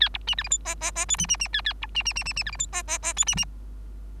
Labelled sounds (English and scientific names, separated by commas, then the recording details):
Bengalese Finch (Lonchura striata domestica) song
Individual Bird3